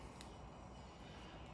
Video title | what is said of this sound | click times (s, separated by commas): Will the Motogadget mo.unit Blue work on my '73 H1 Scrambler??? | there. Heard that click. | 0.2 s